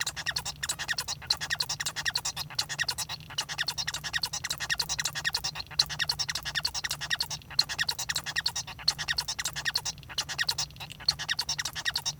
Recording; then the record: song of a male Bengalese finch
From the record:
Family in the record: son of father 1